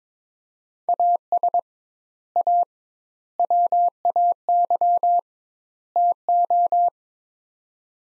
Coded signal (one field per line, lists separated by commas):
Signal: Morse code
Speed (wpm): 22 wpm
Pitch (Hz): 700 Hz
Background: none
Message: AS A WAY TO